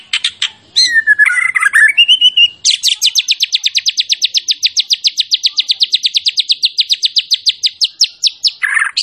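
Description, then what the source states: White-rumped shama song: a swooping whistle, then a sustained rapid trill of high, evenly spaced notes lasting around six seconds, closing with a lower warbled note. Champion bird; masteran (training) recording.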